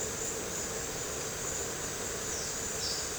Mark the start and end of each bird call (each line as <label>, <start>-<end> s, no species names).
bird call, 2.23-3.13 s